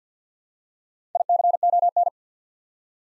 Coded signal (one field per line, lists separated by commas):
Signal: Morse code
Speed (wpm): 48 wpm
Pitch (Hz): 700 Hz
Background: none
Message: ICON